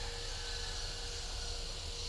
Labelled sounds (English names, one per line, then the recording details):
none
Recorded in pastures near Puerto Asís, Putumayo, Colombia, on 26 December 2024 at 14:00
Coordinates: 0.497, -76.327
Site G088